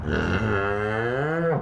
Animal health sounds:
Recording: contact call of a hoofed animal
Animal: cattle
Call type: low-frequency (closed-mouth) or high-frequency (open-mouth) call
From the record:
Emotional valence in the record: negative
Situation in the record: full separation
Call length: 1.63 s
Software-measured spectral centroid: 1220 Hz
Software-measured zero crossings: 1440 a second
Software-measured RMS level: -24 dBFS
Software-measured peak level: -11 dBFS

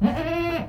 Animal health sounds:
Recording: contact call of a hoofed animal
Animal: goat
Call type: low-frequency (closed-mouth) or high-frequency (open-mouth) call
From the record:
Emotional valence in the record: negative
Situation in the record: food frustration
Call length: 0.69 s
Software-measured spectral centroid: 1670 Hz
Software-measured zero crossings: 1420 a second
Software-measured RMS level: -24 dBFS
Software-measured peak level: -8 dBFS

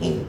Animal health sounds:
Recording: contact call of a hoofed animal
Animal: pig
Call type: closed-mouth grunt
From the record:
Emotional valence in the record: negative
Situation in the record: short social isolation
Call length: 0.29 s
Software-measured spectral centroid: 1830 Hz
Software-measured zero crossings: 840 a second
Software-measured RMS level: -24 dBFS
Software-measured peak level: -12 dBFS

